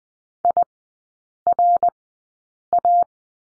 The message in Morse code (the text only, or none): IRA